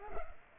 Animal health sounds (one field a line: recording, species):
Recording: mosquito wingbeat signal from an infrared sensor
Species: Culex pipiens